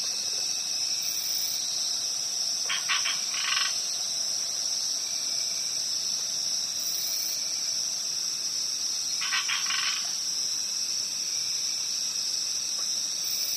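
Crickets keep up a continuous high shrill drone, interrupted twice by short bursts of rapid lower pulsed calls.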